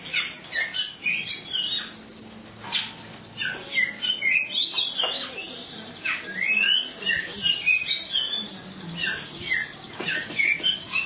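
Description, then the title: Oriental magpie-robin song of rapid twittering and sweeping whistles, with a low hum and steady background noise underneath. "Kacer"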